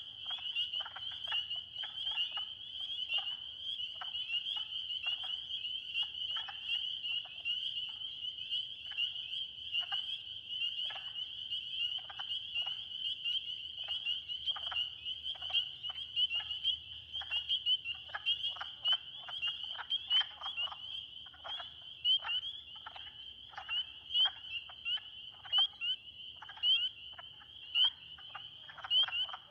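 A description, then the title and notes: A dense chorus of spring peepers fills the whole recording, a steady, piercing high whistle with countless overlapping calls. Sharper clicking chirps pulse in and out throughout, busier toward the end, over a faint low rumble. Friday Night, Peepers, Woodcocks & Trains. Recorded in West Kingstown, Rhode Island on Liberty Road near the Great Swamp. Peepers and all the other critters came out.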